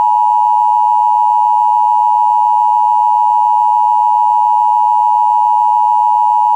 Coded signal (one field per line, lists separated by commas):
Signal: Emergency Alert System (SAME) tones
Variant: 853 and 960 Hz attention tone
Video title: Severe Thunderstorm Warning for Beaufort, Martin and Pitt, NC (EAS #210)